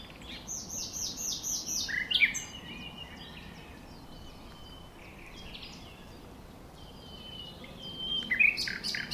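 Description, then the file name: Common nightingale song, fairly quiet: a run of rapidly repeated high notes and a couple of short whistles, followed by a pause and another brief phrase. "Luscinia megarhynchos"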